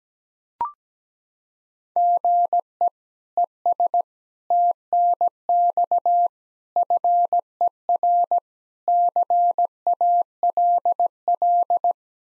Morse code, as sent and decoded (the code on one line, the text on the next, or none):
--. . / . ... / - -. -..- / ..-. . .-. / -.-. .- .-.. .-..
GE ES TNX FER CALL